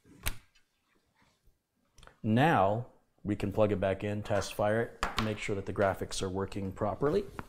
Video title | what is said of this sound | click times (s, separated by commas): PART4 - PC BUILD - Phanteks Enthoo, Z390, i7-9700K, 970 EVO, Seasonic, Corsair Vengeance, GTX 1070Ti | hear it click now | 0.3 s